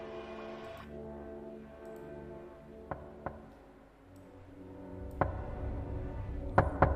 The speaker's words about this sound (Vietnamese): Có tiếng gõ cửa vang lên.